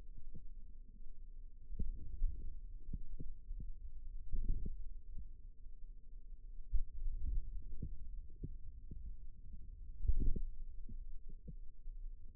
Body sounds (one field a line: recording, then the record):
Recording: forearm muscle sounds (acoustic myography)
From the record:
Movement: hand closing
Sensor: system 2, bracelet of six BSWA MPA416 microphones around the upper forearm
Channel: 4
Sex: female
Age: 22 years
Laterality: right